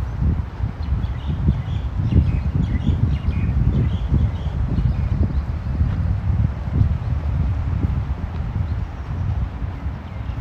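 A walk around Ramat Aviv near Tel Aviv University, carried by a thick, steady low rumble that buffets irregularly like wind against the microphone. Thin high chirps flicker faintly above it now and then, and the overall level stays even throughout.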